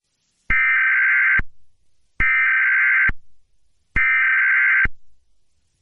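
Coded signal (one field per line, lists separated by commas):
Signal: Emergency Alert System (SAME) tones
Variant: header bursts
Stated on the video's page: Fictional EAS scenario, not a real alert.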